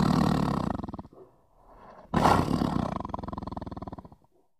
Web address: tigers